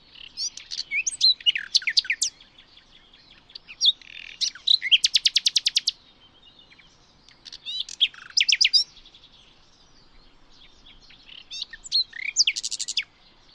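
Bird song in several phrases: rapid mixed chirps and twitters, each phrase often closing with a fast, rattling high trill, separated by short pauses.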